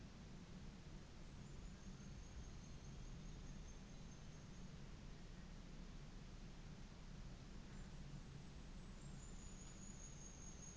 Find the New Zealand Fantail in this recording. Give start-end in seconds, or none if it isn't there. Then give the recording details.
none. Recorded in New Zealand on 24 December 2018. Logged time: 14:45